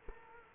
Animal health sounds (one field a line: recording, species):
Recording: mosquito wingbeat signal from an infrared sensor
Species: Culex quinquefasciatus